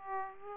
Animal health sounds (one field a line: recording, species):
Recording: mosquito wingbeat signal from an infrared sensor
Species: Aedes aegypti